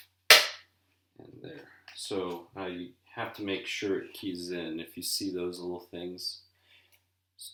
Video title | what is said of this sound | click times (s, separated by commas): Traxxas Slash 2wd Build with Proline Protrac Kit Part 4 Chassis Motor and Rear End Install | that's the click that you heard | 0.3 s